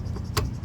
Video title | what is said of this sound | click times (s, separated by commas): 2006 Ford F150 2006 Ford F150 wiper blades replacement in 3 minutes | There you go. And it's snapped in place. | 0.4 s